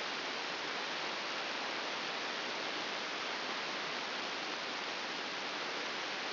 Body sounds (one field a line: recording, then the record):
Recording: brain microelectrode recording played as sound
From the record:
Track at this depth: outside the subthalamic nucleus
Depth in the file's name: 6.861 mm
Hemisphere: left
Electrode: 2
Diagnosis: Parkinson's disease